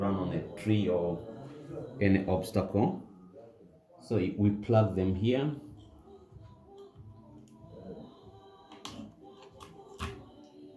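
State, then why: Seated. A plastic propeller guard is plugged onto the arm of a CS 167 drone to protect the propellers from damage if it runs into a tree or obstacle. Someone talks, then a few small clicks and taps follow, with a sharp click at 8.9 s as the guard seats on the arm.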